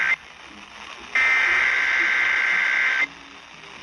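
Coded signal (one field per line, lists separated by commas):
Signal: Emergency Alert System (SAME) tones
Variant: header bursts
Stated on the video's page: Tornado drill tests.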